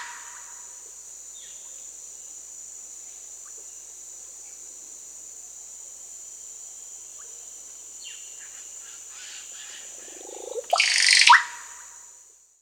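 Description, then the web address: Russet-backed Oropendola song: after a long stretch of steady high insect buzz and faint calls, a sudden loud liquid gurgle with a rising note near the end. Peru; Amazon region. "Birds of the Amazon 3. Russet-backed Oropendola (Psarocolius angustifrons), Peru"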